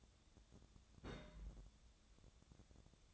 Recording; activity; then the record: daily activity, microphone in the room; place on stove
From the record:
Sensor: 3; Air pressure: 999.9 hPa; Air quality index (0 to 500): 125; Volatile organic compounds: 2 ppm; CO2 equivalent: 1118 ppm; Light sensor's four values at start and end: 44/111/48/53 and 44/111/47/53